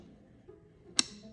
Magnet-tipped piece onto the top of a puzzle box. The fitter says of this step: And they learned that it attaches because it makes a little click noise on the fly at the top.